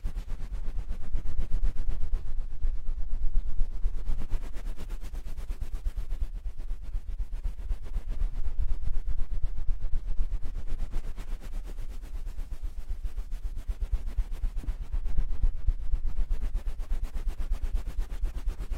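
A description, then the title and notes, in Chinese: Dense scratchy rustling of hands working dry shampoo through hair, swelling and easing in slow waves over a low, steady rumble. 发廊小姐姐为你的头发做干洗。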